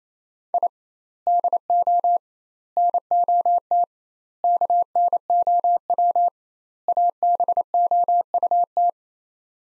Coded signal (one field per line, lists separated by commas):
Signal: Morse code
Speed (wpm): 28 wpm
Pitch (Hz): 700 Hz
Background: none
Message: I DO NOT KNOW ABOUT